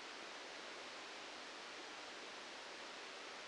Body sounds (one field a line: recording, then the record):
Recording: brain microelectrode recording played as sound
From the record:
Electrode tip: outside the subthalamic nucleus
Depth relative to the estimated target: -8 mm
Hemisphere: left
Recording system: NeuroSet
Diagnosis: Parkinson's disease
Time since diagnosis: 13 years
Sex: male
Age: 65 years